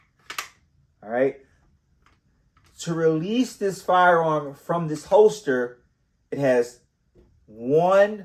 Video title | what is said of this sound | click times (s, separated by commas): Holsters! IWB (Inside the Waistband), OWB (Outside the Waistband), various levels, and more.(Part 1) | is a level one I want say level one all right so you heard that click I'm going to do it one more time | 0.3 s, 0.4 s